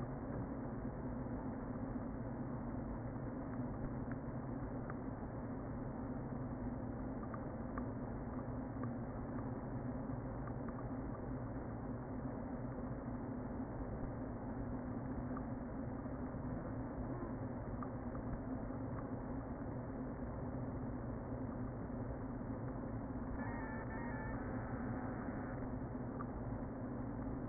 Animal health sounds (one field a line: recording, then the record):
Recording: honeybee colony, microphone inside the hive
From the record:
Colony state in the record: queen present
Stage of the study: before two queens were removed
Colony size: about 60,000 bees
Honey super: yes